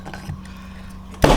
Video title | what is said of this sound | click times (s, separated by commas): BMW M340i Oil Change Guide + Service Reset | You'll hear a little click. | 1.2 s